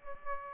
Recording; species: mosquito wingbeat signal from an infrared sensor; Aedes albopictus